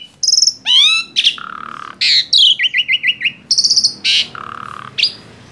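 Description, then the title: Asian pied starling song: varied loud phrases with rising notes, steady buzzy tones and a quick series of repeated notes. Masteran training recording made to teach song to caged birds. "Masteran Jalak Suren"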